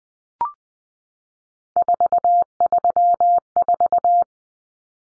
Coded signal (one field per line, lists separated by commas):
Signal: Morse code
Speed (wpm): 20 wpm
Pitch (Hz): 700 Hz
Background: none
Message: 434